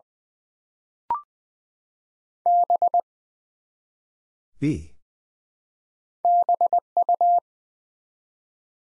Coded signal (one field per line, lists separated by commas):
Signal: Morse code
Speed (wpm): 20 wpm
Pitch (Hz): 700 Hz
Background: none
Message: B BU